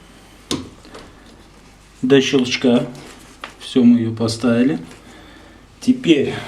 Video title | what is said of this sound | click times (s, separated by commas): Ремонт стиральной машины SAMSUNG ( Indesit ) своими руками | remettez la puce jusqu'au clic | 0.5 s